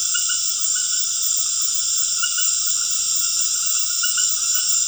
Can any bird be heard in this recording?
no